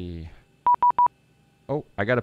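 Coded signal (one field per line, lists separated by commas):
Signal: none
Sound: cockpit message chime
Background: speech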